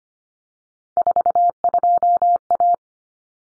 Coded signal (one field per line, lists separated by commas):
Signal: Morse code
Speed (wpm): 25 wpm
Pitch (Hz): 700 Hz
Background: none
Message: 42A